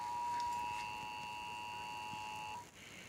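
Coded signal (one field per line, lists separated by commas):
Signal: Emergency Alert System (SAME) tones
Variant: 853 and 960 Hz attention tone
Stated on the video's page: Real 2017 National Periodic Test EAS alert recorded off five TV stations on DIRECTV, one Spanish-language.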